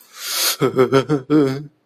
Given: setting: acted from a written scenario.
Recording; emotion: vocal sound without words; fear